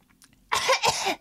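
Two very loud, harsh coughs follow each other with almost no gap, each a short noisy burst. They are an adult's imitation of a woman's loud coughs, uncovered, with no other finding.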